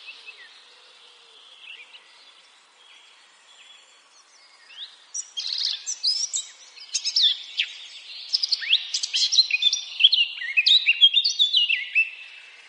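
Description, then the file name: Eurasian blackcap song, with soft scratchy notes at first, then a loud, lively warble of varied whistles, chirps and trills building through the second half. "Sylvia atricapilla"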